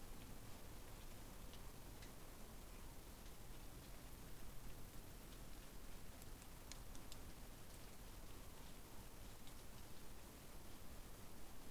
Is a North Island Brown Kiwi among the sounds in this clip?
no